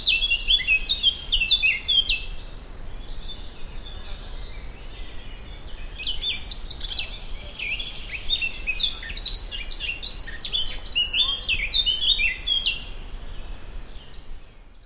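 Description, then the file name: Eurasian blackcap singing a varied warble of quick phrases, almost without a pause, over steady low background rumble. "Sylvia atricapilla"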